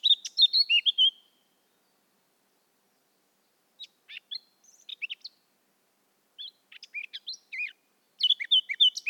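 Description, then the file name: Eurasian blackcap giving several warbled song phrases separated by pauses, mixing quick chattering notes with clearer whistles. "Sylvia atricapilla"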